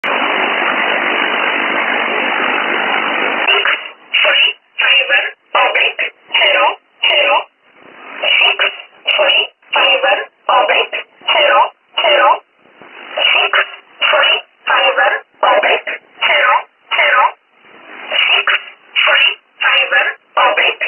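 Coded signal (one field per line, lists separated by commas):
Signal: numbers station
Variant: E11 Oblique, English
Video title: 06 10 2017 Numbers station E11 Oblique in English to Eu 0710 on 9963 unknown tx site in USB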